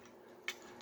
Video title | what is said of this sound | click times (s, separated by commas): Transformers War for Cybertron Siege Astrotrain. | to come here first and then push down and that locks that into place | 0.5 s